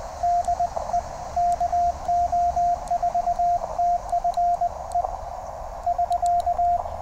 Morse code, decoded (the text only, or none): DE KO4TFE <SK>